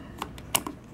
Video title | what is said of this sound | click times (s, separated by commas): Olympus Tough 5 (TG-5) Brief Macro Setup/Use Tutorial | down and rotate clockwise it clicks into place and if | 0.5 s